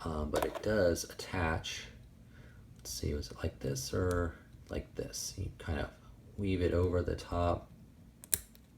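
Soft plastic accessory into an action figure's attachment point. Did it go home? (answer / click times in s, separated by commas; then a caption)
yes / 8.3 s. A soft plastic accessory piece is woven over the top of a 1/18 scale action figure and pushed into its attachment point while someone talks. A sharp click at 8.3 seconds marks the piece seating, and it holds nicely.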